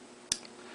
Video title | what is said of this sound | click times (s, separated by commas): Refurbishing my Sony DSC-T1 Digital Camera | Snap it down. | 0.3 s